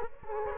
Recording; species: mosquito wingbeat signal from an infrared sensor; Culex quinquefasciatus